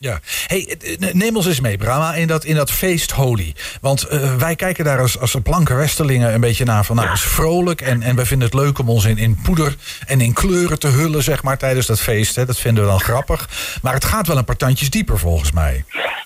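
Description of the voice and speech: A man speaks Dutch fluently at a conversational pace, with ordinary hesitations and repeated words; normal speech.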